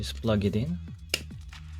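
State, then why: Seated. Someone talks as a Marvel Legends Venompool build-a-figure right arm is plugged into the plastic torso peg. One sharp click is heard at 1.1 s, and the arm seats firmly attached.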